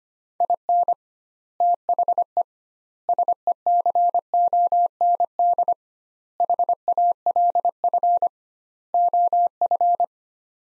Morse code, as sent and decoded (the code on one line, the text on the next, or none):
.. -. / - .... . / ... . -.-. --- -. -.. / .... .- .-.. ..-. / --- ..-.
IN THE SECOND HALF OF